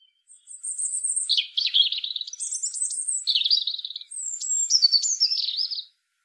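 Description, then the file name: European robin song: a high drawn whistle opens, followed by rapid trilled phrases that jump between high and lower pitches, sung without a break. "Erithacus rubecula"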